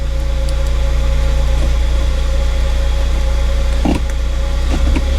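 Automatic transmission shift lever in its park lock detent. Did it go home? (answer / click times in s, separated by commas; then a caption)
no / none. The automatic gear shift lever of a flood-damaged Eclipse is moved into park over a steady engine hum, with short handling knocks at about 0.5, 3.9 and 4.1 seconds. The shifter button pops up, but the lever does not latch or lock into its park detent, so nothing has seated or clicked yet.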